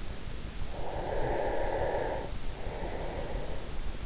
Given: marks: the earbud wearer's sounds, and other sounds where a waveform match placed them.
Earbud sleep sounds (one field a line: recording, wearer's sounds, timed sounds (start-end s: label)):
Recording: sounds in sleep by an in-ear microphone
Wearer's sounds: breath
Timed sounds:
0.79-4.06 s: breath